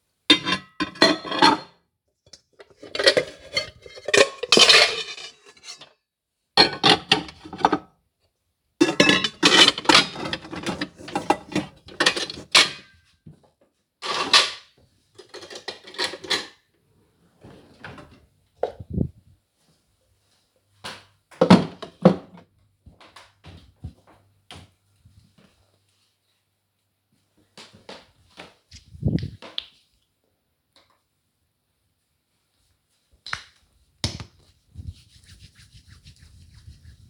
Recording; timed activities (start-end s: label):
household activities, microphone on the right wrist
0.00-21.56 s: putting away the dishes
29.58-37.10 s: cream hands